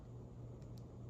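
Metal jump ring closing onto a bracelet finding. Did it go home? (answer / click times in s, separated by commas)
yes / 0.8 s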